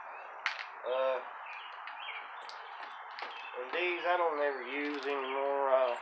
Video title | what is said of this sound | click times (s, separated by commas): Rods and tackle setup | ready line up over through there wrap it around and come up around it clicks into place which slides | 0.5 s, 0.6 s